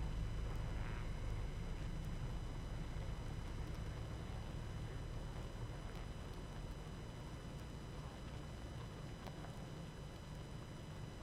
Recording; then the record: honeybee colony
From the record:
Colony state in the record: active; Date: 12 June 2018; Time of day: 19:56